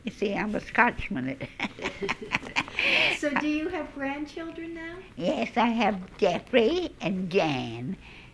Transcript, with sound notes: You see, I'm a Scotchman. ( she laughs )
So do you have grandchildren now?
Yes, I have Jeffrey and Jan.